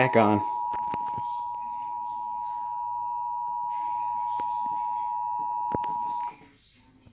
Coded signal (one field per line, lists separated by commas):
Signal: Emergency Alert System (SAME) tones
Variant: 853 and 960 Hz attention tone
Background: speech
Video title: EAS May 23rd 2020 Tornado Warning Kane County Illinois